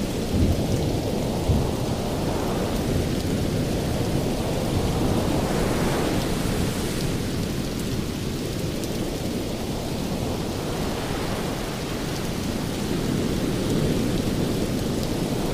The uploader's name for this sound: Thunder And Lightning Rain Sounds On Ocean Waves